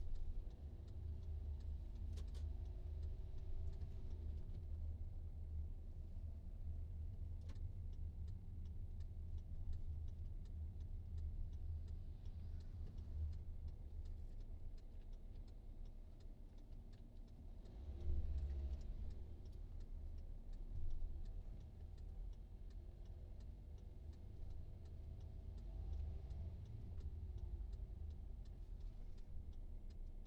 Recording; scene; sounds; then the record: everyday scene through a hearing-aid microphone; in a vehicle; engine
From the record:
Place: VW T5 Caravelle, diesel engine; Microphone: in the ear canal, right